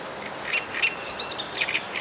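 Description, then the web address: Great reed warbler song: a run of harsh, chattering notes repeated in quick bursts over a steady hiss of background noise. "wroblowe kolekcja trzciniak"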